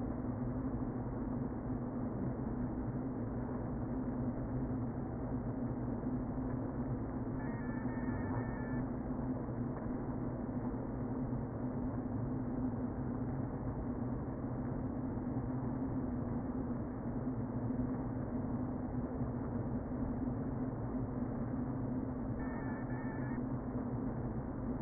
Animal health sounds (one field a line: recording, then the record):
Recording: honeybee colony, microphone inside the hive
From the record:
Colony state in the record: queen present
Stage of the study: before two queens were removed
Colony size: about 60,000 bees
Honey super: yes